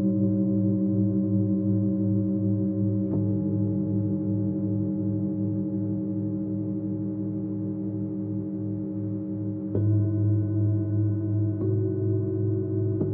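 A singing bowl hums with a deep, steady ring, its low tones layered and gently pulsing throughout. Fresh strikes land around 3, 10 and 12 seconds, each adding a brighter edge before settling back into the sustained drone. Clear, with nothing else audible.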